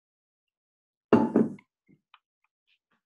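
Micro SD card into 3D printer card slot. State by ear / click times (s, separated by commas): seated / 1.1 s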